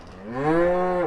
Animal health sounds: contact call of a hoofed animal; cattle; low-frequency (closed-mouth) or high-frequency (open-mouth) call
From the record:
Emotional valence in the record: negative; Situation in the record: physical separation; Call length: 1.07 s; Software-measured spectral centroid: 1050 Hz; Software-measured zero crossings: 1250 a second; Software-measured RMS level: -23 dBFS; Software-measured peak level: -10 dBFS

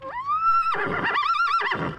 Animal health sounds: contact call of a hoofed animal; horse; whinny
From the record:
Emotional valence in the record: negative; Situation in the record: separation from one group member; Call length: 1.99 s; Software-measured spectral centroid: 1760 Hz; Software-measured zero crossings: 2440 a second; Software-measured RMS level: -24 dBFS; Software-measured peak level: -11 dBFS

